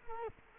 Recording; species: mosquito wingbeat signal from an infrared sensor; Culex quinquefasciatus